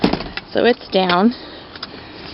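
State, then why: Released. In a 2017 Mitsubishi Outlander GT, the latch on the middle seatback of the second row is worked after the release is raised and the headrest lowered, so the seatback unlatches and folds down. Someone talks briefly, then a short, sharp click is heard at 1.8 s as the latch releases.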